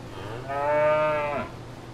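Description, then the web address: Cow giving a single drawn-out moo, rich in harmonics, lasting about a second over faint low rumble. At fair grounds. "Blastwave ANIMALS Cow Fair Grounds"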